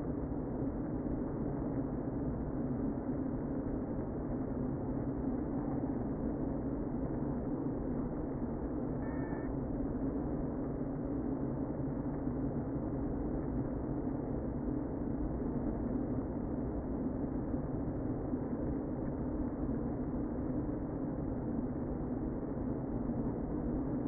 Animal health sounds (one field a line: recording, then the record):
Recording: honeybee colony, microphone inside the hive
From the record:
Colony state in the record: queen present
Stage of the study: before two queens were removed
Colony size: about 60,000 bees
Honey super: yes